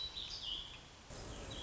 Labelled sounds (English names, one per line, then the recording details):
Warbling Vireo
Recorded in Sonoma County, California